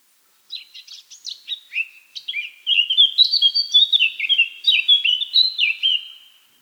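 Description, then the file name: Eurasian blackcap song: a soft, scratchy warble that swells into loud, clear fluted whistles, each dropping in pitch, delivered rapidly in a rich run. "Sylvia atricapilla"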